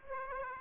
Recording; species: mosquito wingbeat signal from an infrared sensor; Aedes aegypti